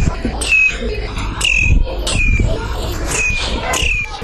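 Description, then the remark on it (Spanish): Birds in the street squawk and screech in harsh, repeated bursts as they fight, with sharp downward-sliding calls roughly every second over a steady rumbling background. “Luego salí a la calle y habían pájaros peleando.”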